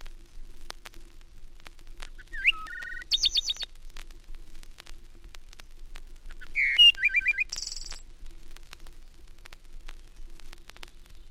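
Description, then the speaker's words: Wood Thrush delivering two short phrases about four seconds apart, soft low notes rising into a fluted warble and a high trilling flourish, with faint clicks behind. Wood thrush delivering its shorter song phrases; range given as Canada to Florida. "The wood thrush delivers its shorter phrases from Canada to Florida."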